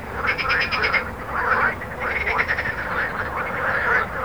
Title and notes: Jardins de la Ligne, 1 Rue Jacqueline Auriol, 31400 Toulouse, France - Frog Montaudran. Frog and road captation zoom h4n